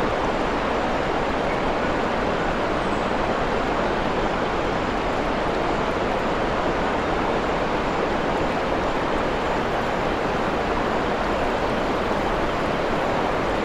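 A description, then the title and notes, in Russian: A woodland waterfall pours in a steady, dense rush, unchanging throughout, strongest in the middle and upper range with a soft low rumble. Водопад на лесной поляне.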